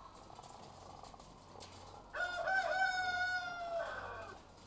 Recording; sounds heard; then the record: poultry house recording; sick chickens (respiratory disease)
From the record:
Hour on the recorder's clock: 11